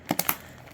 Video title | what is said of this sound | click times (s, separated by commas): Custom PC Build For My Little Cousin | and you'll hear it click in | 0.3 s